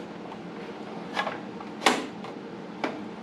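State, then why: Seated. A combined anti-kickback and sawdust deflector blade guard assembly is slid into its mount on the saw table of a Shopsmith Mark V 520 combination woodworking machine. A soft knock is heard around 1.2 s, then a sharp, bright hit at 1.9 s, followed by another tap at 2.8 s. The guard assembly locks into place at 1.9 s.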